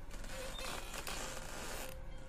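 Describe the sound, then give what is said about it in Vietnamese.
A wooden stilt house creaks at night, a drawn-out groaning creak with faint higher squeaks that swells and fades over a couple of seconds, steady and moderately loud, with no voices. “Lúc này, tiếng nhà sàn kẽo cả kẽo kẹt, đến xót ruột lại vang lên.”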